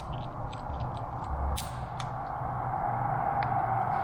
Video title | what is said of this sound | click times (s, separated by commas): Minimax 1100r Aircraft Build Vlog Ep 53 - Epoxy Warmer | snaps in place | 1.6 s, 2.0 s